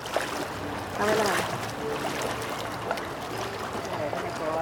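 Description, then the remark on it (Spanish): A steady, broad wash of river water laps around boats at a dock in Girardot, with a low engine-like hum and faint murmuring voices mixed into the continuous background. “Llegamos al embarcadero”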